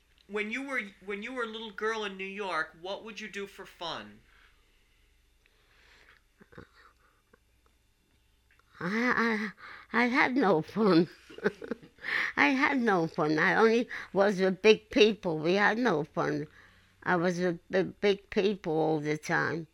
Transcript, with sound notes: When you were, when you were a little girl in New York, what would you do for fun?
I had no fun. ( she laughs ) I had no fun. I only was with big people. We had no fun. I was with big people all the time,